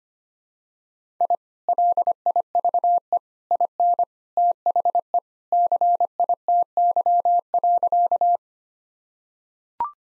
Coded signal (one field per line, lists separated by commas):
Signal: Morse code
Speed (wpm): 25 wpm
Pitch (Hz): 700 Hz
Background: none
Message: I LIVE IN THE CITY.